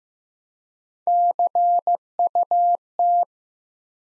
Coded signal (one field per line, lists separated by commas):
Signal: Morse code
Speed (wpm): 15 wpm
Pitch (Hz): 700 Hz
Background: none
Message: CUT